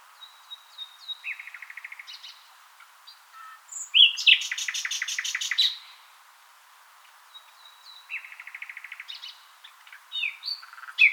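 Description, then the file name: Common nightingale singing varied phrases: thin whistles, buzzy trills and a loud burst of rapid repeated notes, followed by softer repeated phrases after a short pause. "Luscinia megarhynchos"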